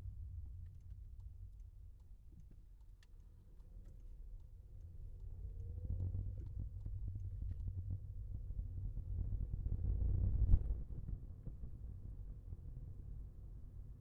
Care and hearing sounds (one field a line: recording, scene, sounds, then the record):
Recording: everyday scene through a hearing-aid microphone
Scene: in a vehicle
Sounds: engine, rumble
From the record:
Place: Skoda Fabia, gasoline engine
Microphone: behind the ear, left, rear